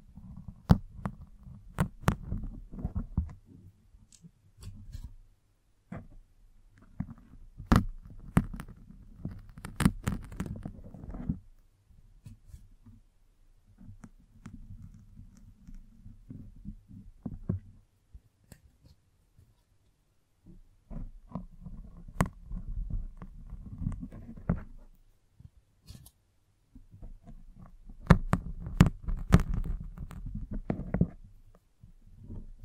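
Brushing and scratching against a microphone, made of dense bursts of scraping rubs and low thumps with sharp clicks scattered through. The handling comes in clusters, strongest around 0–11 seconds and again near 22–32 seconds, with quieter pauses between.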